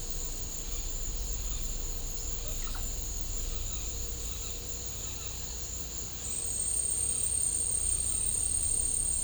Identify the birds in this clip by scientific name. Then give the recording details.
none. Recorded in pastures near Puerto Asís, Putumayo, Colombia, on 20 December 2024 at 13:00. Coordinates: 0.496, -76.326. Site G004